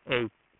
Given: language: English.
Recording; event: throat vibration sensor signal played as sound; speech